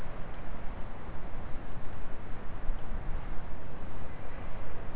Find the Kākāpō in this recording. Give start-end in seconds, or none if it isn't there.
none